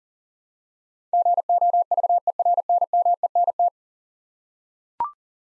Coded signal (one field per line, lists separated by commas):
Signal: Morse code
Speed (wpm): 40 wpm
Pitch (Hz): 700 Hz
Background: none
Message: GOVERNMENT